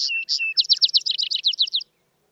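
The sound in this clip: Vesper sparrow singing: a couple of short whistled notes lead into a long, quick, tumbling trill of sharp chips that ends abruptly.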